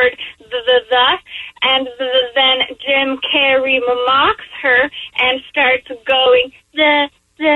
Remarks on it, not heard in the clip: I started stuttering as an adult from medical reasons when I first started stuttering, I actually would stutter on the word the. Anything that helped me be lighthearted helped my speech. If I got too serious or frustrated, I would struggle more with my speech.